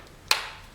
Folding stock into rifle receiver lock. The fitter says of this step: and then it locks into place.